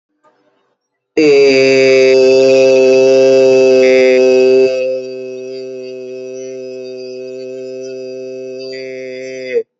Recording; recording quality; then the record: sustained vowel as in made; excellent, no background noise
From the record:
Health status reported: respiratory illness, not identified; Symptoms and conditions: none ticked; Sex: male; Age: 36 years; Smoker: not ticked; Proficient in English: yes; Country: India